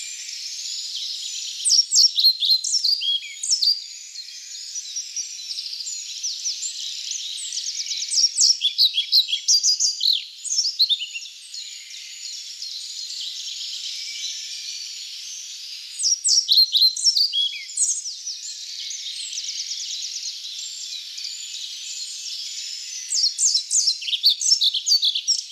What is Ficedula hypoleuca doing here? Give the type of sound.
song